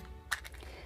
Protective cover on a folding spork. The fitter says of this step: you pop open the protective cover and you have this spork